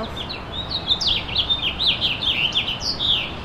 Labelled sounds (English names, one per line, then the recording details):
House Finch song
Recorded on Long Island, New York, on 25 May 2011
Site KG
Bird A